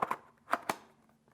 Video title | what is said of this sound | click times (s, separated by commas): How to Use the Fogging Machine | and clicks into place | 0.5 s